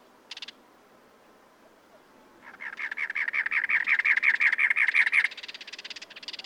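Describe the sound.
Cactus wren song: after one short note and a pause, a long run of many harsh, chugging notes that swells in volume, followed by softer rapid sounds.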